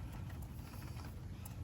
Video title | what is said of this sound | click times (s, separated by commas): Why My V6 EcoBoost is Misfiring - Part 1: Spark Plugs? -Raptor Mods & Maintenance #5.1 | right like that. You'll hear a click, and you'll push the little | 1.5 s